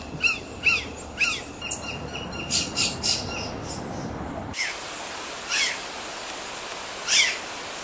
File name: canto da gralha azul